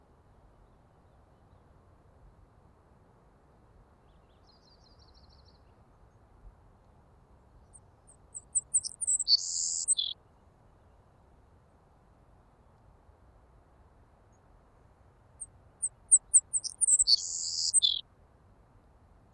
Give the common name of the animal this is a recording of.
Savannah Sparrow